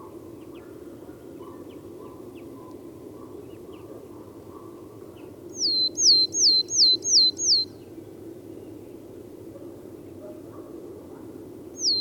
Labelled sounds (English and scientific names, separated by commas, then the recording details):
Willow Tit (Poecile montanus) song
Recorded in the wild
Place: Groß Nemerow, Mecklenburg-Vorpommern, DE
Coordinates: 53.448, 13.219
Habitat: Forest
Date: 1982-03-24 08:53
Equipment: Nagra III BH, Sennheiser MD 21, parabola
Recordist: Schubert, Michael